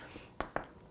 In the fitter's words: This one actually has the little click there, and it just helps to keep the product in and safe and not leaking.